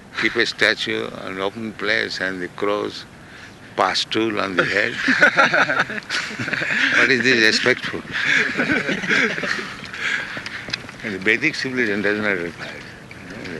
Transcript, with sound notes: keep a statue on open place and the crows pass stool on the head? [laughter] What is the respectful? In the Vedic civilization does not require.